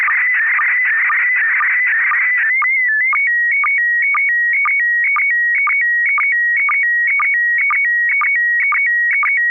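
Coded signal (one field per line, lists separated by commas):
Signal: SSTV (slow-scan television)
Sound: warbling tone shifting between high pitches, with regular short low blips throughout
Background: radio hiss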